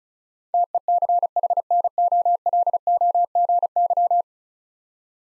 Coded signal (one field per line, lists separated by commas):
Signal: Morse code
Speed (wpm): 36 wpm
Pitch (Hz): 700 Hz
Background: none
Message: TECHNOLOGY